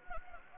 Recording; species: mosquito wingbeat signal from an infrared sensor; Anopheles gambiae